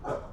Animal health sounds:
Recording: pig call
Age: growing-finishing pig (85 days or more)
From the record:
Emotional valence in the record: positive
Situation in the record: run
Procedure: transit

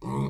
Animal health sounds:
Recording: pig call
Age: weaner (32 to 43 days)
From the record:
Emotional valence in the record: negative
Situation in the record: short isolation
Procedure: open field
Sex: female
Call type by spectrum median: low-frequency call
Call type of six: low-frequency stable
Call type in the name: low-frequency stable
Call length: 0.30 s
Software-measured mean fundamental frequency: 66 Hz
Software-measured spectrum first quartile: 159 Hz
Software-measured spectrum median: 284 Hz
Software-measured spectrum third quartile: 722 Hz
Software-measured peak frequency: 141 Hz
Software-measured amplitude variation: 91 dB a second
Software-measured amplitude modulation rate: 24.6 a second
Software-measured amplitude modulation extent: 3.7 dB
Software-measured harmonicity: 0.3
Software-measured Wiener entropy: -0.95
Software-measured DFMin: 1091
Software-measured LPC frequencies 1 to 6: 994, 2186, 3507, 5425, 6418, 7720 Hz

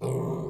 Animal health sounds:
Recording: pig call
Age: weaner (32 to 43 days)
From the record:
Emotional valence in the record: negative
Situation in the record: novel object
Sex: female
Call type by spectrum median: low-frequency call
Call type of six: low-frequency stable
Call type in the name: low-frequency stable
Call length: 0.50 s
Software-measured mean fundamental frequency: 44 Hz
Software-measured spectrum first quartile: 151 Hz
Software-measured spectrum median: 315 Hz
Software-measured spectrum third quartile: 515 Hz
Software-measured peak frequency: 399 Hz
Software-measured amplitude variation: 124 dB a second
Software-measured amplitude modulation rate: 29.0 a second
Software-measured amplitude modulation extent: 4.3 dB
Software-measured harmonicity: 1.4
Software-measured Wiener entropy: -0.42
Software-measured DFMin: 1051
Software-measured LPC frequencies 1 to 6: 414, 1011, 2258, 3608, 4866, 6793 Hz

